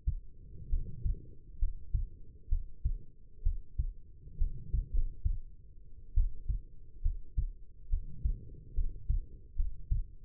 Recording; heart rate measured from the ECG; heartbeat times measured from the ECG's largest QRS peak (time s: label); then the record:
heart sounds by stethoscope; 68 bpm
0.69 s: heartbeat
1.58 s: heartbeat
2.48 s: heartbeat
3.42 s: heartbeat
4.37 s: heartbeat
4.92 s: heartbeat
6.14 s: heartbeat
7.02 s: heartbeat
7.89 s: heartbeat
8.74 s: heartbeat
9.55 s: heartbeat
From the record:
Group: healthy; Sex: female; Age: 22 years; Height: 171 cm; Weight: 65.6 kg